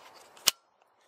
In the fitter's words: locked in there heard a click push this down